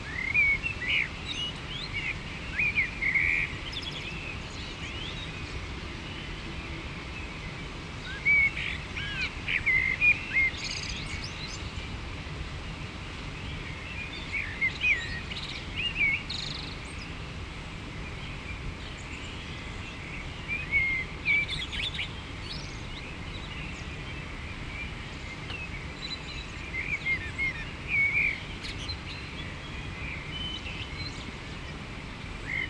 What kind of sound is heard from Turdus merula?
song